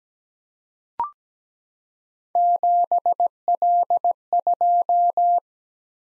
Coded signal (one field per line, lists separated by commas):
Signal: Morse code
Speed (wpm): 17 wpm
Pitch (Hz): 700 Hz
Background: none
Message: 7L2